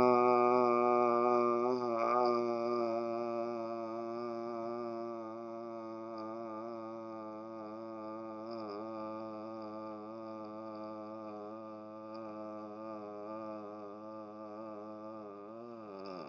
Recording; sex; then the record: sustained vowel /a/; male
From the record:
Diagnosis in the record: healthy control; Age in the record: 60 years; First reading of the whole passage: 60 s, 8.3 characters per second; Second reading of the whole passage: 54 s, 9.4 characters per second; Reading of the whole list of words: 38 s, 7.2 characters per second